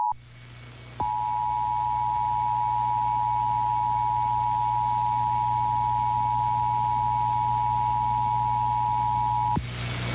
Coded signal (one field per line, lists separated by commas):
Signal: Emergency Alert System (SAME) tones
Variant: 853 and 960 Hz attention tone